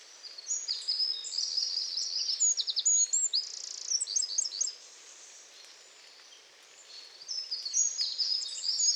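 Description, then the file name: Eurasian wren pours out a loud, fast, high-pitched song of jumbled trills and sharp notes, pausing briefly before resuming with another vigorous burst. "Troglodytes troglodytes"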